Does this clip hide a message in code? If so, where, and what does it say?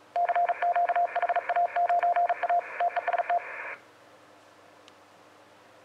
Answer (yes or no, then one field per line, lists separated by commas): yes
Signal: Morse code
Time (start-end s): 0.2-3.4 s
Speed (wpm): 38 wpm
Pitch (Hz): 700 Hz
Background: radio noise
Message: CQ HA9A TEST